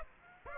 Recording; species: mosquito wingbeat signal from an infrared sensor; Aedes aegypti